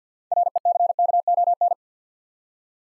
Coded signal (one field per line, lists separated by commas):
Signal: Morse code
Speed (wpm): 49 wpm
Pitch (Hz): 700 Hz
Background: none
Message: RECKON